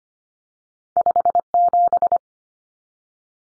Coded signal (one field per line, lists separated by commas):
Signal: Morse code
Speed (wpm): 25 wpm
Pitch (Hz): 700 Hz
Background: none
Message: 57